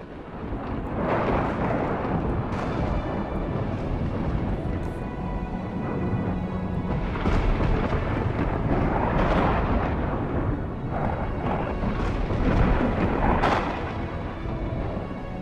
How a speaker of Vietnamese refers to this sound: ở trên thiên không dường như xuất hiện những tia sấm sét đình tai nhức óc.